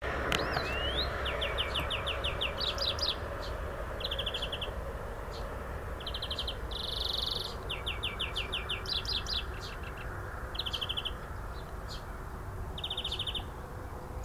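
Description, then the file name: European greenfinch singing: rapid chirping trills and twittering phrases with a brief wheezy buzz, repeated throughout over a constant low rumble. "Chloris chloris"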